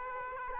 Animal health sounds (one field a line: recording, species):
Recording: mosquito wingbeat signal from an infrared sensor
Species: Aedes aegypti